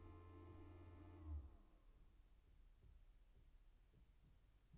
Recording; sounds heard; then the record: poultry house recording; no chicken sound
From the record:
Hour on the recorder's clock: 15